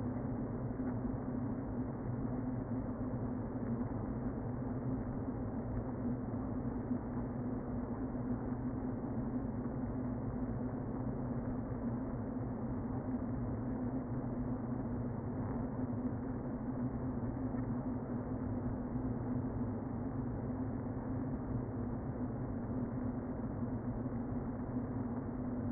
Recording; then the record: honeybee colony, microphone inside the hive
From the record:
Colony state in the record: queen present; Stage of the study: before two queens were removed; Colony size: about 60,000 bees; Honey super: yes